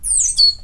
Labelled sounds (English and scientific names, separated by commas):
Stitchbird (Notiomystis cincta) song